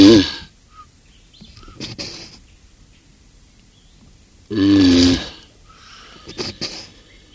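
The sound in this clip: Galapagos tortoise groaning calls, two harsh, harmonic bellows about five seconds apart, with light tapping and faint chirps between.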